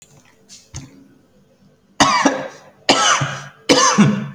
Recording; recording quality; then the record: shallow voluntary cough; excellent, no background noise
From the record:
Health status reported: healthy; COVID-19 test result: not tested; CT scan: not taken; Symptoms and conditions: cold, fatigue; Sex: male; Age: 30 years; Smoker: no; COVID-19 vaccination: both doses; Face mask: worn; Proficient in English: yes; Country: India